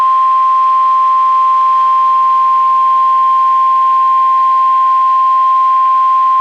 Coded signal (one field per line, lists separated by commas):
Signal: Emergency Alert System (SAME) tones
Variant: 1050 Hz attention tone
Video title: Severe Thunderstorm Warning (EAS #20)